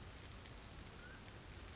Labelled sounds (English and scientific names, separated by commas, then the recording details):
Mountain Quail (Oreortyx pictus)
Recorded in Sonoma County, California